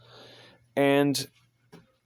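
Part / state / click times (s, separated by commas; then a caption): folding part on a rifle / not seated / none. A folding part on an SKS rifle build is handled as it swings out toward its locked position, with faint rustling handling noise at the start. Someone talks briefly, and a short faint sound follows near 1.7 seconds. Nothing has seated or clicked yet.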